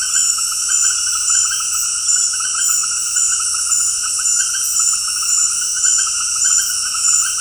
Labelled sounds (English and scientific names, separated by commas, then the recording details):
none
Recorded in dense forest near Puerto Asís, Putumayo, Colombia, on 21 February 2024 at 20:00
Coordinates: 0.484, -76.317
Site G6464